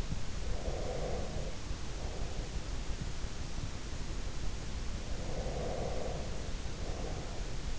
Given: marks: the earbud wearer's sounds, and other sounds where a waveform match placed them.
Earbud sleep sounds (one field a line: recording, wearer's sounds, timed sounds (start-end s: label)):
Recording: sounds in sleep by an in-ear microphone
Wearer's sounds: breath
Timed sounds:
0.38-2.85 s: breath
5.00-7.79 s: breath